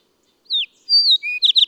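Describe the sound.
Bird song with a falling whistle, a long steady high whistle dropping at its end, a lower whistle, then quick sharp chirps.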